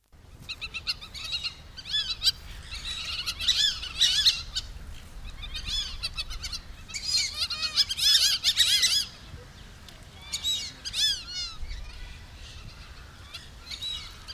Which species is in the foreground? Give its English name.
Fulvous Whistling Duck